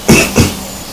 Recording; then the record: coughing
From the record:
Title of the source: Spring Cold Coughing 2